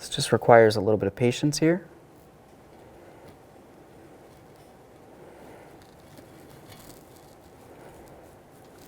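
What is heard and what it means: Someone talks briefly while reaching blind up into the engine compartment of a 2006–2012 Ford Fusion 3.0L V6 to line up the downstream oxygen sensor plug with its wiring harness connector by feel, a job needing patience. After the talking stops around 2 seconds, only faint, low handling noise follows, with a small soft sound at 5.8 seconds. The plug has not been pressed in or clicked yet.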